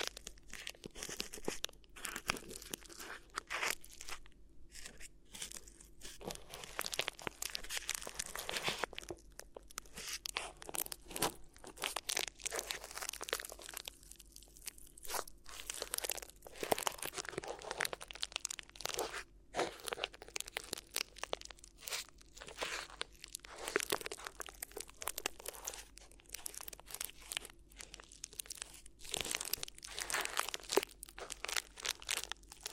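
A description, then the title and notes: Crinkly material is rubbed and crumpled in a continuous ear massage, with dense, bright crackles packed closely together. The crinkling comes in irregular bursts with brief quieter gaps, notably around 14 seconds, over a faint low steady hum. ASMR Addictive Crinkly Ear Massage (No Talking).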